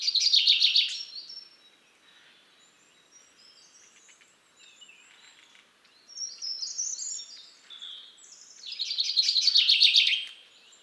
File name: Fringilla coelebs